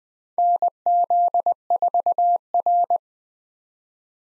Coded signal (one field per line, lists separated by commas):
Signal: Morse code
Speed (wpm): 20 wpm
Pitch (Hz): 700 Hz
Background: none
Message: NZ4R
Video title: 2023 SOTA Chaser Call Signs - 20wpm